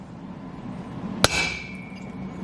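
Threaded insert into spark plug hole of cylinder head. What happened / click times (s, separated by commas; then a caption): The metal insert was tapped home with one hammer blow / 1.2 s. A steel thread insert in the spark plug hole of an aluminium VW Thing cylinder head is set with one light hammer tap at 1.2 s. The tap is a sharp metallic strike followed by a thin ringing tone that fades over about a second. The insert is seated and won't come out.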